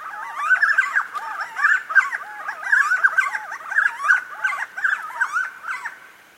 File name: helmeted friarbird